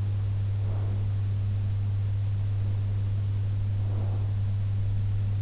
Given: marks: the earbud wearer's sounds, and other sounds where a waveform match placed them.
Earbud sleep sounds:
sounds in sleep by an in-ear microphone; breath
0.56-1.29 s: breath
3.70-4.33 s: breath

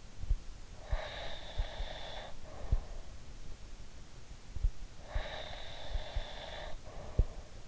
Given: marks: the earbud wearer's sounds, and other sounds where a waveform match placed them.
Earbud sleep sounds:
sounds in sleep by an in-ear microphone; breath
0.63-3.36 s: breath
5.01-7.68 s: breath

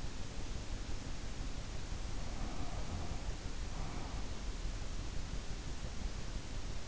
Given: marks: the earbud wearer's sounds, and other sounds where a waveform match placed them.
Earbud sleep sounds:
sounds in sleep by an in-ear microphone; breath
2.13-4.28 s: breath

